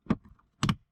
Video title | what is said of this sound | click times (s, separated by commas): Honda Buried This Feature in Your Odyssey — Here's How to Unlock It | Just lifts up and snaps into place. | 0.6 s, 0.7 s